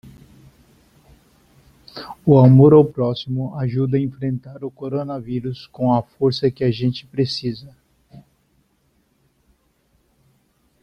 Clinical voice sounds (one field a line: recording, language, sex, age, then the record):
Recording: spoken sentence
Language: Brazilian Portuguese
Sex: male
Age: 60 to 69 years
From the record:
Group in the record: control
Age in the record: 64 years